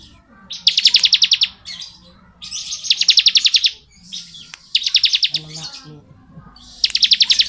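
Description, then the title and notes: Bar-winged prinia giving rapid pulsed trills in four bursts, each near a second long. Song in the ngebren style; recording used as tutor (masteran) audio for training white-rumped shamas (murai batu). "Ciblek Ngebren Untuk Masteran Murai Batu. Suara burung ciblek - Suara Nada"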